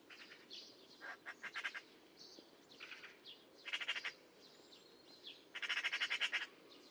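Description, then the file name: Eurasian magpie chattering in rapid, harsh rattles, strongest near the end, among scattered higher chirps and other faint bird notes. "Pica pica"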